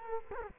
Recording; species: mosquito wingbeat signal from an infrared sensor; Culex quinquefasciatus